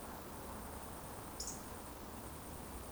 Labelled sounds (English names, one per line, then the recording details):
Eurasian Woodcock whistle
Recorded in Baden-Württemberg, Germany, on 23 June 2020 at 20:21 UTC
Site 14569, 102 m above sea level